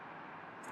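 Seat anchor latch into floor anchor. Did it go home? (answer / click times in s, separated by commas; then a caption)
no / none. A folded third-row seat in a 2020 or 2021 Lexus LX is being put back down so its seat anchor latch can go into the floor anchor. A steady broadband rush is heard throughout, growing slightly louder with a brighter, high-pitched hiss from about 0.6 s to the end. The latch has not seated or clicked yet.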